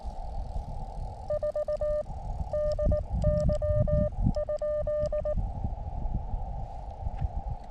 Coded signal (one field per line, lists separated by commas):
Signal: Morse code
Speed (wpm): 19 wpm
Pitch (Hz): 600 Hz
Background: none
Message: 4 DY?